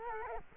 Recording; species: mosquito wingbeat signal from an infrared sensor; Culex quinquefasciatus